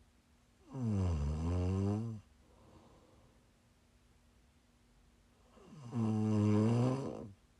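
Two deep, buzzing snores from an adult sleeper, each lasting about one and a half seconds and separated by a quiet pause, roughly 12 breaths a minute. The rattle is low, steady and tonal, typical of ordinary palatal snoring, heard close up in a quiet room as ASMR snoring for relaxing and winding down to sleep.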